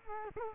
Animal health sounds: mosquito wingbeat signal from an infrared sensor; Culex quinquefasciatus

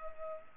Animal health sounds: mosquito wingbeat signal from an infrared sensor; Culex pipiens

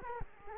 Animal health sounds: mosquito wingbeat signal from an infrared sensor; Culex quinquefasciatus

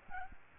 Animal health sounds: mosquito wingbeat signal from an infrared sensor; Aedes aegypti

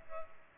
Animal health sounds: mosquito wingbeat signal from an infrared sensor; Culex pipiens

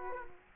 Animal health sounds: mosquito wingbeat signal from an infrared sensor; Culex quinquefasciatus

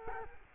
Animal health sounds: mosquito wingbeat signal from an infrared sensor; Culex quinquefasciatus

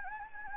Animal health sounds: mosquito wingbeat signal from an infrared sensor; Anopheles gambiae

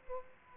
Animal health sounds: mosquito wingbeat signal from an infrared sensor; Aedes aegypti

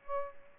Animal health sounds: mosquito wingbeat signal from an infrared sensor; Aedes albopictus

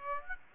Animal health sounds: mosquito wingbeat signal from an infrared sensor; Aedes aegypti

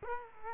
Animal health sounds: mosquito wingbeat signal from an infrared sensor; Culex quinquefasciatus

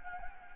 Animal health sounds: mosquito wingbeat signal from an infrared sensor; Anopheles gambiae

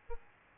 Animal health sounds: mosquito wingbeat signal from an infrared sensor; Aedes albopictus

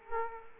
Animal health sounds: mosquito wingbeat signal from an infrared sensor; Culex quinquefasciatus

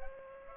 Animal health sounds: mosquito wingbeat signal from an infrared sensor; Aedes aegypti

